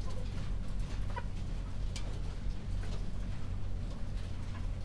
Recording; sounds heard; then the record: poultry house recording; healthy chickens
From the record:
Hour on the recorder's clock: 22